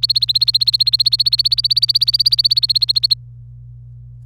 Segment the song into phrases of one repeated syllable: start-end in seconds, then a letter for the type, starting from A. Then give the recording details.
0.00-3.14 A. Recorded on 26 April 2018 at 07:00. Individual llb3